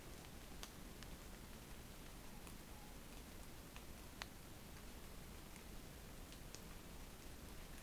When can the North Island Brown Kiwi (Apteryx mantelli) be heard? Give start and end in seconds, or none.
none